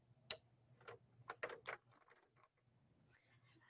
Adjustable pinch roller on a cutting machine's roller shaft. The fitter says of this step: So I'm just going to slide it over until it locks into place.